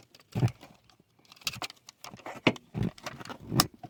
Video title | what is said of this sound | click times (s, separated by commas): Nissan/Infiniti AirBag Module Replacement | you hear it click in place and then let | 3.6 s